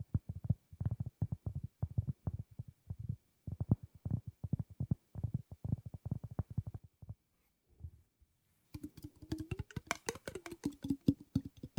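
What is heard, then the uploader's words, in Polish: Fingernails tap in quick, dense bursts for about seven seconds, dull and low, with short gaps between runs. After a brief near-silence with a couple of soft knocks, sharper, brighter clicking resumes around the nine-second mark over a faint steady low tone. ASMR Tapping Dźwięki uderzania paznokciami.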